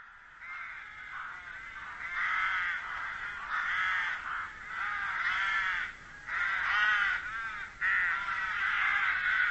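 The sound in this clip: Bird calls, harsh and harmonic, delivered in several bursts separated by short quiet gaps.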